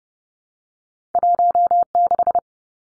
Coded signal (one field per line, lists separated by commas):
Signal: Morse code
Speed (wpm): 30 wpm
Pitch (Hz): 700 Hz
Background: none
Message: 16